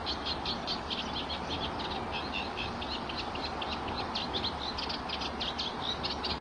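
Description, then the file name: Northern white-crowned shrike song: continuous chattering of short, squeaky high notes in irregular bursts over a steady hissing background. "canto do picanco de coroa branca do norte"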